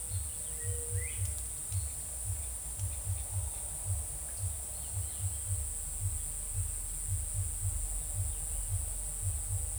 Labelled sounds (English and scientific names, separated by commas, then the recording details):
Eared Dove (Zenaida auriculata)
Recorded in forest near Pivijay, Magdalena, Colombia, on 2 June 2023 at 15:30
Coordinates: 10.467, -74.380
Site Z5-G034